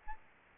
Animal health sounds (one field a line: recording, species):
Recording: mosquito wingbeat signal from an infrared sensor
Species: Aedes albopictus